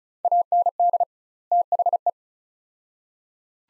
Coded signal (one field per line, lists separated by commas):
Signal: Morse code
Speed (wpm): 36 wpm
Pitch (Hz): 700 Hz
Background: none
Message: AND THE